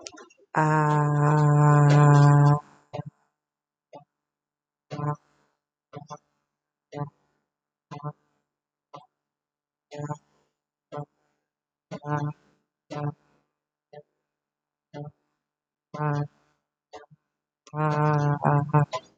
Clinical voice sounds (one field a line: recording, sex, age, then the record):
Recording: vowel held as long as possible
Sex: female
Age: 30 to 39 years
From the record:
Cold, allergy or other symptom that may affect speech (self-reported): no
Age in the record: 31 years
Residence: Iowa, United States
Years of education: 13